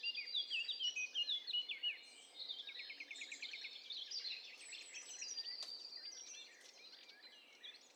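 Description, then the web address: Several birds chirping and trilling at once, high twittering notes and a quick rattling series overlapping, fading toward the end. "Hi Fi STEREO BIRD COCKTAIL PARTY Challenge"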